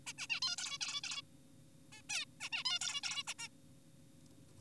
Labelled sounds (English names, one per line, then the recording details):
Zebra Finch
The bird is an adult
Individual g4p5U